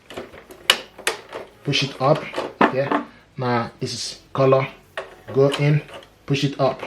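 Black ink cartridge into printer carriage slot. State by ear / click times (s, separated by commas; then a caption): seated / 0.7 s. A black ink cartridge is pushed upward into the carriage slot of an HP DeskJet 2700, Plus 4100, Deskjet 3700 or Envy 6000 series printer while someone talks. A sharp, loud click at 0.7 s marks the cartridge snapping home, seated in the carriage.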